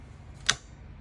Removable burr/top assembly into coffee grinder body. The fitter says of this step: until it clicks